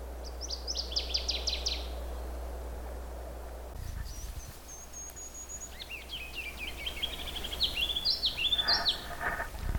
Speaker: That's the sound of a ruby-crowned kinglet.